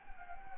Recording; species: mosquito wingbeat signal from an infrared sensor; Anopheles gambiae